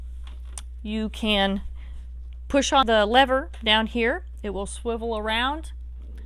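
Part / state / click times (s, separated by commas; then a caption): swivel seat rotation lock on a shower chair base / not seated / none. Someone talks while pressing the release lever under the plastic seat of an Eagle Health swivel shower chair and starting to rotate it on its base, where the seat is meant to lock into its detent at 90 degrees. A couple of faint, brief ticks occur near the start, around 0.3 and 0.6 seconds. The clip ends before the seat reaches its lock, so nothing has clicked or seated yet.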